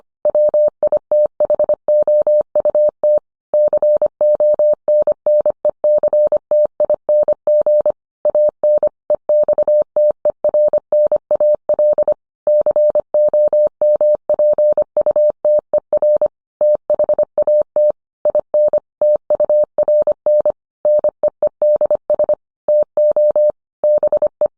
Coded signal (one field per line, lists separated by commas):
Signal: Morse code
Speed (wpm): 25 wpm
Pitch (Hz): 600 Hz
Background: none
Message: WITHOUT CONNECTING AN EXTERNAL COMPUTER THAT IN TURN NEEDS TO BE